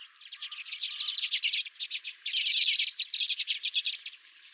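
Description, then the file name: Redpolls calling loudly and rapidly, a dense stream of sharp chips and buzzy twitters, most intense around two and a half seconds. Redpolls at the recordist's feeder. "Redpolls at My Feeder"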